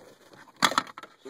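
The plastic trim surround around the transfer case shift lever is pried off the floor console of a 1987 Dodge Dakota, where it is held in by snaps. Two short, sharp cracking snaps ring out at 0.7 and 0.8 seconds, followed by a few fainter ticks around 1.0 seconds. The trim surround pops free and is released.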